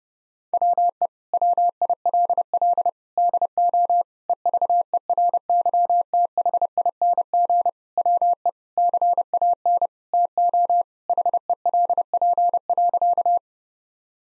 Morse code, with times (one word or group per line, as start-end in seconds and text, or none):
0.5-1.1 WE
1.3-2.9 WILL
3.2-4.0 DO
4.3-7.7 EVERYTHING
8.0-8.5 WE
8.8-9.9 CAN
10.1-10.8 TO
11.1-13.4 HELP.